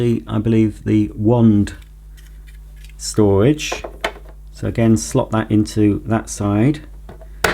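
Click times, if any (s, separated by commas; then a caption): 7.4 s. A plastic wand storage holder is slotted onto the side of a Dyson V10 dock column and pushed down until it is firmly in place. Someone talks, then a sharp snap is heard at 7.4 s as the holder seats.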